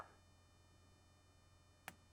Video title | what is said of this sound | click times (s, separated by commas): S&B Install - 60 Gallon Replacement Tank For 2017-27 Ford Powerstroke 6.7L Crew Cab Short bed | Okay, I heard the click. Get it locked. | 1.9 s